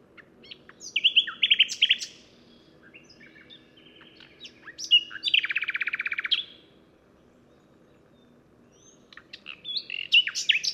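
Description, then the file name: Common nightingale delivering varied phrases of trills and a loud rattling buzz, a quiet gap, then song resuming with sharp chirps. "Luscinia megarhynchos"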